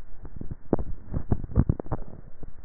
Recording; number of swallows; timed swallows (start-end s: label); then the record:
swallowing sounds by neck microphone; 1
1.08-1.88 s: swallow
From the record:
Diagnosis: dysphagia